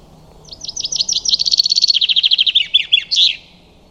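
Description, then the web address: Common chaffinch song: a fast, accelerating run of bright, descending notes that settles into a rapid rattling trill and ends with a short flourish, about three seconds long. "Deverinetal 2025 File origin Bird Only Fr Co"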